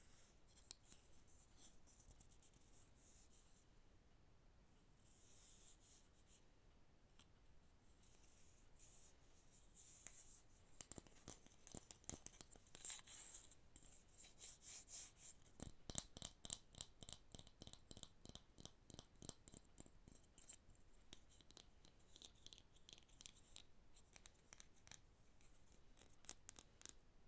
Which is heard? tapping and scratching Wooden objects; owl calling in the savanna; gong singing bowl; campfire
tapping and scratching Wooden objects